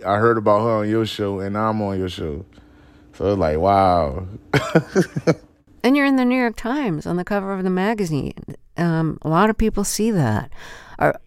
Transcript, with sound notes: I heard about her on your show, and now I'm on your show. So it's like, wow (laughter).
And you're in The New York Times on the cover of the magazine. A lot of people see that.